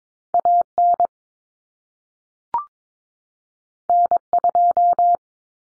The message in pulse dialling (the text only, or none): none